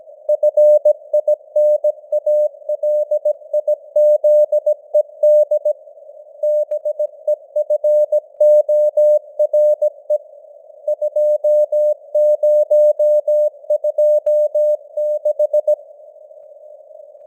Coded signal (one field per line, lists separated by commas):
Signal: Morse code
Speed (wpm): 17 wpm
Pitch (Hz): 600 Hz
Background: none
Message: FINALIZED BEFORE 2026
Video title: Morse Code News | 2025-11-02 | 17wpm